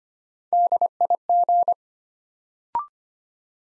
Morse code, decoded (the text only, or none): DIG